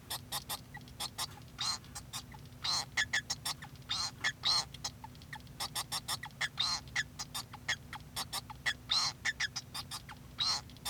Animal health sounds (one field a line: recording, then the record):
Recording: song of a male Bengalese finch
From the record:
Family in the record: son of father 2